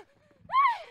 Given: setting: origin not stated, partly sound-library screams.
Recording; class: one-second piece from a danger detection set; woman in danger